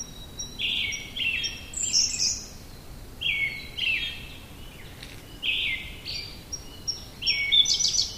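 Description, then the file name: Siberian blue robin song: thin, high introductory notes leading into a quick, dry, rattling trilled phrase, repeated several times over faint background hiss. "koruri"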